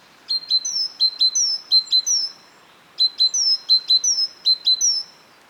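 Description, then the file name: Great tit calls: two quick phrases of sharp short notes and thin high downslurred whistles, with a quiet gap between. "Parus major"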